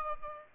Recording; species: mosquito wingbeat signal from an infrared sensor; Aedes albopictus